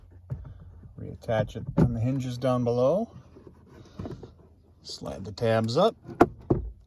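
Someone talks while refitting the glove box door of a 2017 Subaru Legacy after a cabin air filter replacement: the door is hooked onto its lower hinges and its plastic side tabs are slid up into the dashboard. Two sharp clicks are heard at 6.2 s and 6.5 s as the tabs snap into place, and the glove box door is seated.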